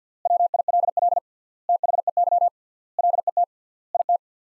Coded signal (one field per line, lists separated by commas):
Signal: Morse code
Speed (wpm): 50 wpm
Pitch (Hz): 700 Hz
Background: none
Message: WILL THEY LET IT